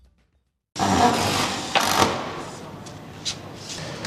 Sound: sound of drills and construction